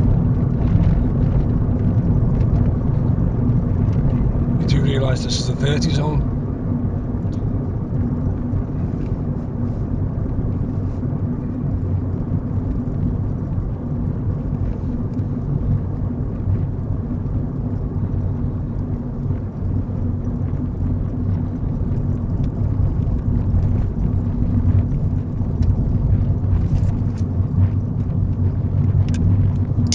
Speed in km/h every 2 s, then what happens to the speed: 52, 52, 48, 45, 44, 42, 40, 40, 39, 39, 39, 35, 34, 34, 34.
0-12 slows to 40. 12-30 steady at about 39.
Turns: none.